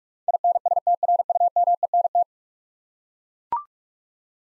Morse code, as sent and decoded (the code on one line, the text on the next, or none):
.. -. ... - .-. ..- -- . -. -
INSTRUMENT